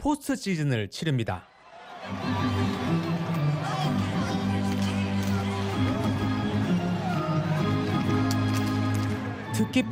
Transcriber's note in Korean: 녹취: 야구장 관중 함성